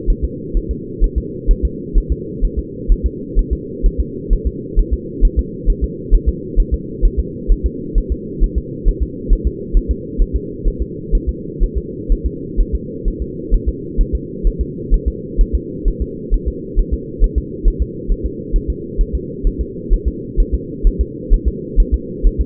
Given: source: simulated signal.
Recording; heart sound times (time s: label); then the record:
fetal heart sounds
0.10 s: S1
0.24 s: S2
0.57 s: S1
0.71 s: S2
1.04 s: S1
1.18 s: S2
1.51 s: S1
1.65 s: S2
1.98 s: S1
2.12 s: S2
2.45 s: S1
2.59 s: S2
2.92 s: S1
3.06 s: S2
3.39 s: S1
3.53 s: S2
3.86 s: S1
4.00 s: S2
4.33 s: S1
4.47 s: S2
4.79 s: S1
4.94 s: S2
5.25 s: S1
5.39 s: S2
5.70 s: S1
5.84 s: S2
6.14 s: S1
6.29 s: S2
6.60 s: S1
6.74 s: S2
7.05 s: S1
7.19 s: S2
7.52 s: S1
7.66 s: S2
7.98 s: S1
8.12 s: S2
8.44 s: S1
8.58 s: S2
8.88 s: S1
9.03 s: S2
9.33 s: S1
9.47 s: S2
9.77 s: S1
9.91 s: S2
10.22 s: S1
10.36 s: S2
10.67 s: S1
10.82 s: S2
11.15 s: S1
11.29 s: S2
11.63 s: S1
11.78 s: S2
12.12 s: S1
12.26 s: S2
12.60 s: S1
12.75 s: S2
13.08 s: S1
13.22 s: S2
13.54 s: S1
13.69 s: S2
14.01 s: S1
14.15 s: S2
14.47 s: S1
14.61 s: S2
14.94 s: S1
15.08 s: S2
15.41 s: S1
15.55 s: S2
15.88 s: S1
16.02 s: S2
16.34 s: S1
16.48 s: S2
16.79 s: S1
16.94 s: S2
17.24 s: S1
17.38 s: S2
17.68 s: S1
17.82 s: S2
18.12 s: S1
18.26 s: S2
18.56 s: S1
18.70 s: S2
19.01 s: S1
19.15 s: S2
19.47 s: S1
19.61 s: S2
19.94 s: S1
20.08 s: S2
20.40 s: S1
20.54 s: S2
20.87 s: S1
21.01 s: S2
21.34 s: S1
21.48 s: S2
21.80 s: S1
21.94 s: S2
22.26 s: S1
22.41 s: S2
From the record:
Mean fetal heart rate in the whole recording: 130 bpm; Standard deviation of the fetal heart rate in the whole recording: 4 bpm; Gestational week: 38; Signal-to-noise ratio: -4.1 dB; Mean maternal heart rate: no maternal heart sound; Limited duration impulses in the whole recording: absent